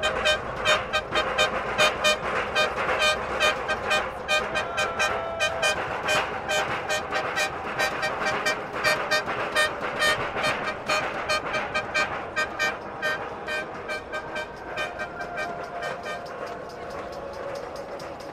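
A train rumbles past with a dense, rapid, regular clatter and steady squealing tones, gradually easing and quieting over the last seconds.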